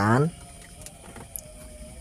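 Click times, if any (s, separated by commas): 1.4 s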